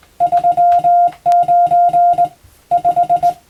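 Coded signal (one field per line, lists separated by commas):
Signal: Morse code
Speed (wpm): 20 wpm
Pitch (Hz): 700 Hz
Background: music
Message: 39 5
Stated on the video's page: Hand-keyed Morse practice for the Japanese radiotelegraph operator exam, sending plain-language telegram practice text, also suitable for amateur receiving practice.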